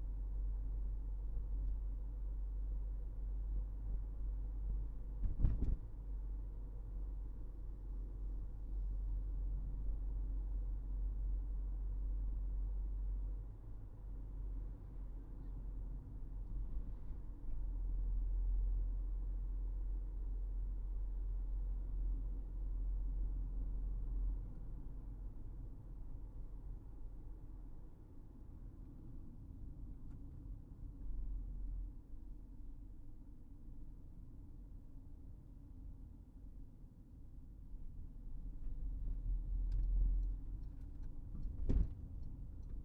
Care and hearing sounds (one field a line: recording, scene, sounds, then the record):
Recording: everyday scene through a hearing-aid microphone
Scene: in a vehicle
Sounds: engine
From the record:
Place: Berlingo II, diesel engine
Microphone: behind the ear, right, front